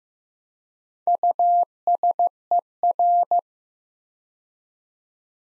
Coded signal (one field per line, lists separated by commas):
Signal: Morse code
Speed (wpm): 15 wpm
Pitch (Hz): 700 Hz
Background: none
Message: USER